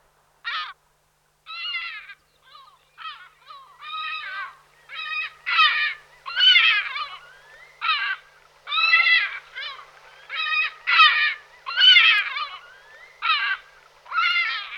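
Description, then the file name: Lesser black-backed gull calls, harsh harmonic squawks in an irregular series, some short and clipped, others drawn out, with quiet gaps between bursts. "Racek zlutonohy Larus fuscus"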